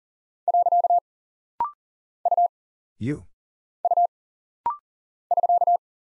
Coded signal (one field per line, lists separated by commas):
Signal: Morse code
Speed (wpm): 40 wpm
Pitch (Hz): 700 Hz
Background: none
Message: . U U <SK>